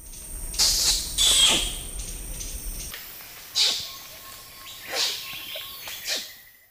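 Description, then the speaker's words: Orangutan kiss squeaks: several loud, hissy smacking squeaks with falling sweeps, two close together early, then three spaced bursts over the following seconds. Kiss squeak; described as sounding like a bodily function in a rainforest. "Is this the kiss squeak of an orangutan?"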